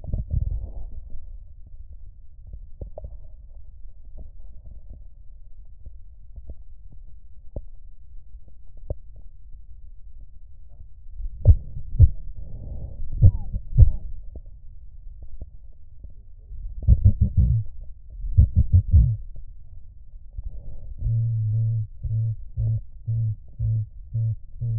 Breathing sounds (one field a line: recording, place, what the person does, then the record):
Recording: lung sounds by stethoscope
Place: right posterior basal chest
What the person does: quiet breathing, then cough and speech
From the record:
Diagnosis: none (healthy)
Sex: male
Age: 23 years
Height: 185 cm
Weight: 93 kg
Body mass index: 27.2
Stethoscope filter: extended mode